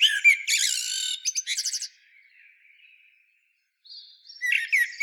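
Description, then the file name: Common blackbird song: a burst of varied warbled notes and squeaky twitters, a quiet gap with faint calls, then another twittering phrase begins. "Turdus merula"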